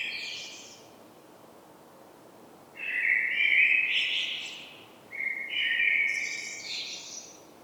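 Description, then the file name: Common blackbird song: the end of one phrase, then two rich whistled phrases with high twittering tails in quick succession. "Turdus merula"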